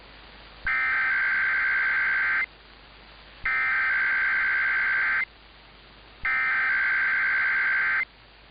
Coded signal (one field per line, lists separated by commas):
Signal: Emergency Alert System (SAME) tones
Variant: header bursts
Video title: [EAS #2018-#2019] Sacramento Flash Flood Warning & First KCBS RWT of 2023